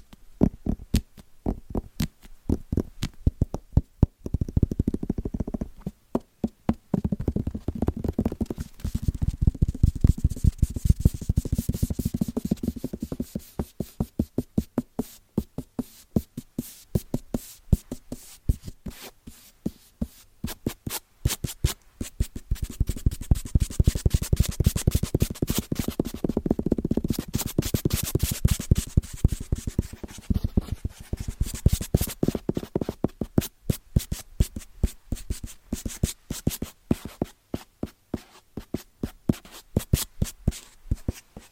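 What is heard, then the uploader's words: Fingers tap quickly and rhythmically on wrapped Christmas presents, the sharp taps packed closely together throughout the clip. The strikes are crisp, over a soft papery scratching and a low hollow thump from the boxes that swells around ten and twenty-five seconds. ASMR Fast & Rhythmic Tapping with Christmas Presents No Talking.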